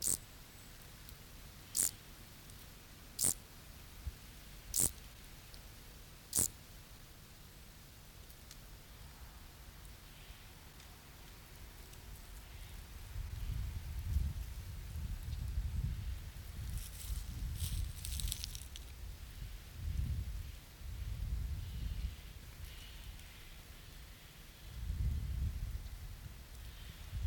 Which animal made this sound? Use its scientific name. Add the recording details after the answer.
Chorthippus brunneus. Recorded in the wild. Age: imago. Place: Treuchtlingen, Naturpark Altmühltal, Bayern, DE. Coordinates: 48.96, 10.91. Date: 1993-09-21 12:37. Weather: 21°C, sonnig. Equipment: Marantz CP 430, Sennheiser MKH 416 T, Kopie Uher Variocord 263. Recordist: Tembrock, Günter